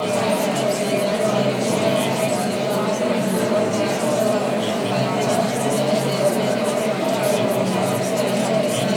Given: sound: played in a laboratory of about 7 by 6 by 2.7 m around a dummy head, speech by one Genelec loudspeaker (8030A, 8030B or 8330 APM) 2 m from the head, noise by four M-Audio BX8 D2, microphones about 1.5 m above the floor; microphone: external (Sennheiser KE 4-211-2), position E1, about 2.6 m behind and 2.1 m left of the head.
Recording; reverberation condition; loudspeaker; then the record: babble noise; high; four, about 170 cm from the corners of the room and facing them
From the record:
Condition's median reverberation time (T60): about 1300 ms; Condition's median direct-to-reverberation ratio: about -4.0 dB